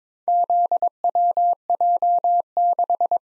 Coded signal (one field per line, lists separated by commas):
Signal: Morse code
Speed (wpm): 22 wpm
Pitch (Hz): 700 Hz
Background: none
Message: ZWJ6